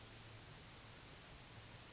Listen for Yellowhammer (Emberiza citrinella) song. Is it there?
no